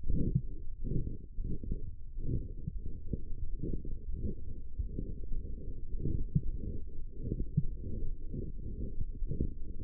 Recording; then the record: forearm muscle sounds (acoustic myography)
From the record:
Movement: forearm supination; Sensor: system 1, eight BSWA MPA416 microphones around the upper forearm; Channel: 3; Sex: male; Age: 23 years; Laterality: right